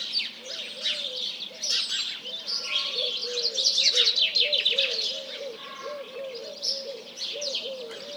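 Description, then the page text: House Sparrows chirping constantly over a steady run of repeated low pigeon coos. Large flock calling in the morning, mixed with various pigeons; recorded 1 March 2007 at 07:30. "Réveil des oiseaux. BigSoundBank"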